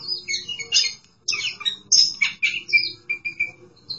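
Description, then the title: Oriental magpie-robin singing a quick run of scratchy, chattering notes and sweet whistles, ending in a few clipped repeated chirps. Chirping song (kicauan) of the bird. "Suara Kicauan Burung Kacer Durasi Panjang"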